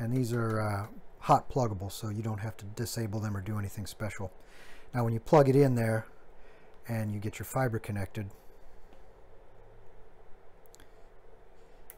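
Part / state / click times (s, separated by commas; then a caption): SFP+ optical transceiver module into network switch cage / seated / 11.9 s. A 10G SFP+ fiber optic transceiver module is pushed into a network switch port; someone talks for the first eight seconds, then a quiet stretch has faint ticks around 10.7 seconds. A sharp click at 11.9 seconds marks the module engaging and seating, locked into the switch cage.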